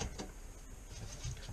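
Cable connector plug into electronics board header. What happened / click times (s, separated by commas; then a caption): The connector is being handled and has not clipped in yet / none. A plastic cable connector plug with no keying is handled and oriented by hand over an electronics board header, with brief soft taps near 0.0 and 0.2 seconds over a low background hum. Nothing has seated or clicked yet; the clip ends just before the plug is pushed home.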